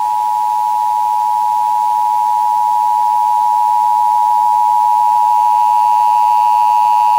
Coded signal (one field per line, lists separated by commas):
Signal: Emergency Alert System (SAME) tones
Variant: 853 and 960 Hz attention tone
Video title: Pacific IPAWS Weekly EAS Test (5/22/23) (EAS #1,323)